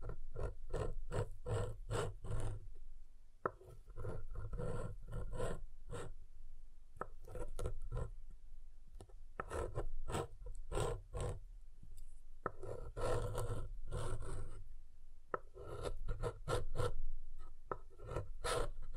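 Hard soap being tapped and carved in quick, dense bursts of scraping strokes, with brief pauses near three and twelve seconds.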